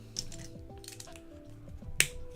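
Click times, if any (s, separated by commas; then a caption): 0.2 s, 2.0 s. A plastic building brick is pressed onto studs, giving a small click at 0.2 s and a sharp, loud click at 2.0 s. The brick clicks firmly into place and is seated, unlike the earlier spongy ones that didn't click.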